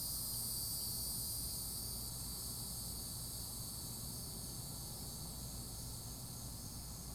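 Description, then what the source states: Cicada singing in a continuous, even, high metallic buzz that never pauses, with a constant low rumble of background noise beneath. Florida.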